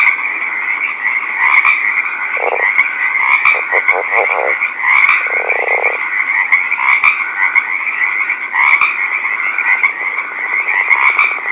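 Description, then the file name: Northern leopard frog producing a brief grunt, a run of quick clucking pulses, then a longer rasping burst, all against a continuous high trilling chorus. Recorded at night. "rpipiens night"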